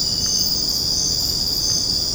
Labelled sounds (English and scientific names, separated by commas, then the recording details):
none
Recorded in secondary vegetation near Puerto Asís, Putumayo, Colombia, on 8 March 2025 at 22:30
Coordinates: 0.481, -76.318
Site G097